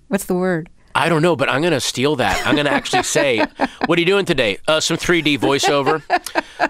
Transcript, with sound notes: What's the word?
I don't know, but I'm going to steal that.
(Laughter).
I'm going to actually say, what are you doing today - some 3-D voice-over.